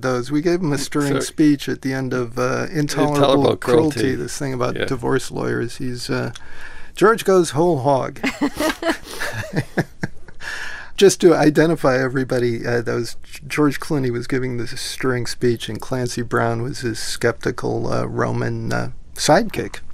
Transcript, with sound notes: We gave him a stirring speech at the end of "Intolerable Cruelty"...
"Intolerable Cruelty."
...This thing about divorce lawyers. He's - George goes whole hog.
(LAUGHTER)
Just to identify everybody, George Clooney was giving the stirring speech, and Clancy Brown was his skeptical Roman sidekick.